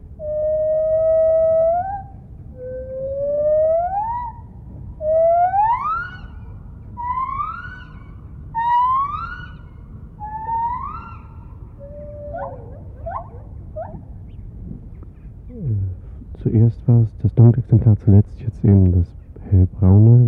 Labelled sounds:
Lar Gibbon
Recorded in captivity
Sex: diverse
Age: adult
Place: Tierpark Berlin, Berlin, DE
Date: 1975-09-21 10:20
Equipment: Uher CR 210, Verstärker, Sennheiser MD 421, Uher 4200 Report Stereo
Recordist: Tembrock, Günter

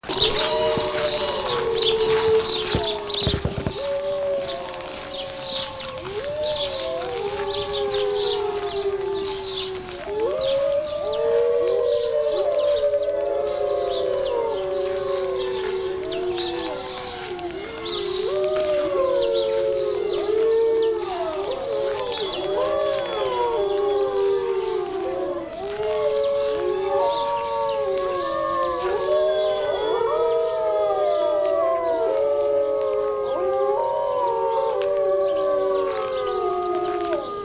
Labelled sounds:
Gray Wolf howling
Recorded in captivity
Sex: group
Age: adult
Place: Zoo Berlin, Berlin, DE
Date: 1986-02-07
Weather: sunny, -10°C
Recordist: Tembrock, Günter

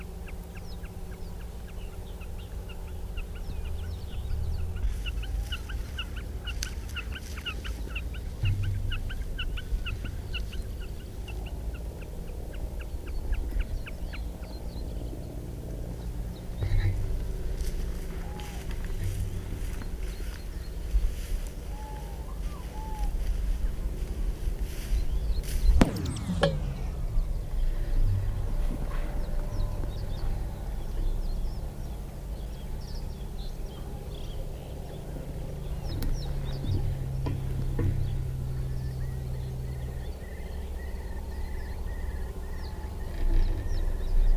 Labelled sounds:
Common Snipe
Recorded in the wild
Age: adult
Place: Kremmener Luch, Brandenburg, DE
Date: 1966-04-18
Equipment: R20/2, 19 cm
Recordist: Lippert, Wolfgang

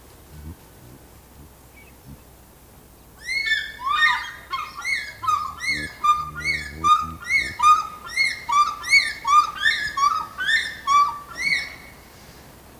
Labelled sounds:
African Fish-eagle
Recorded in captivity
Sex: pair
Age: adult
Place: Zoo Berlin, Berlin, DE
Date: 2000-12-12 14:08
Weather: bedeckt, 12°C
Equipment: Nagra SN, Kopie Uher 4000 Report Monitor
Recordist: Tembrock, Günter
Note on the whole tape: Männchen: Rufe und Paarrufen (Weibchen mit der tiefen Stimme), teilweise sehr gute Aufnahmequalität

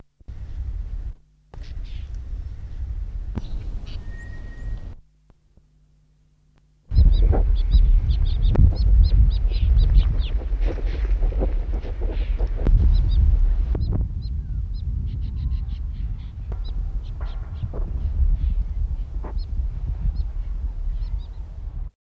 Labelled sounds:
Grey-rumped Swallow call
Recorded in the wild
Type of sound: call
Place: Maun, BW
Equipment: Halbspur, 9,5 cm/s
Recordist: Lütgens, Hans
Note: Rufe

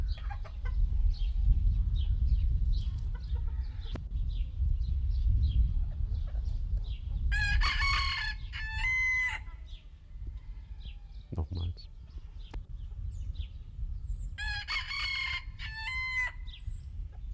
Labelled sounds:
Red Junglefowl call
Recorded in captivity
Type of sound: call
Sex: male
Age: adult
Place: Zoo Berlin, Berlin, DE
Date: 1995-02-25 10:09
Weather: heiter - wolkig, 2-3°C
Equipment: Marantz CP 430, Sennheiser ME 80, Kopie Uher Variocord 263
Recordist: Tembrock, Günter
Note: Hahn: dreimal Krähen. Entfernung 5 m

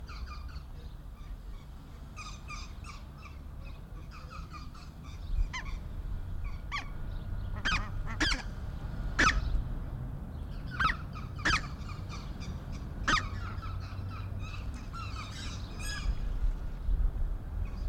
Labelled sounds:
Greater White-fronted Goose call
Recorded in captivity
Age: adult
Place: Zoo Dresden, Sachsen, DE
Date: 1993-05-17 16:57
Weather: heiter, 25°C
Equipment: Marantz CP 430, Sennheiser ME 80, Kopie Uher Variocord 263
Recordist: Tembrock, Günter

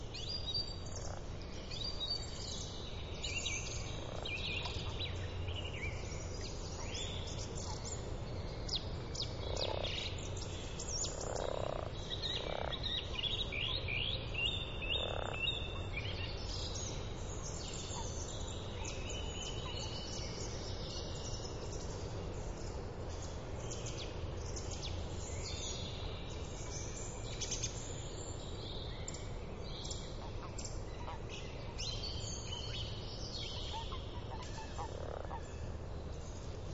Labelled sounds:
Common Frog call
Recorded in the wild
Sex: male
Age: adult
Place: Brunow, Gamengrund, Brandenburg, DE
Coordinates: 52.7264, 13.8958
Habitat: lake
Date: 1995-04-22 20:45
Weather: Wasser: 11°C, Luft: 11°C, heiter
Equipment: Sony TCD-D3, Sennheiser ME 80, K 30 AV, Stativ und Windkorb
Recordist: Frommolt, Karl-Heinz

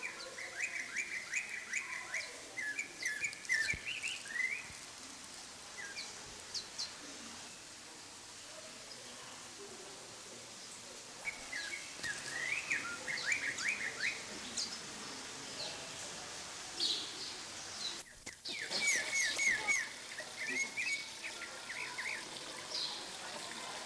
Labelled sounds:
Snowy-crowned Robin-Chat song
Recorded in captivity
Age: adult
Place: Zoo Leipzig, Sachsen, DE
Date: 2003-10-01 16:56
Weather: fair, 16°C
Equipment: Fair Mate ST-1328 (Asahi Electronics, Japan), Sennheiser ME 80, Kopie Uher 4000 Report Monitor
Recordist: Tembrock, Günter

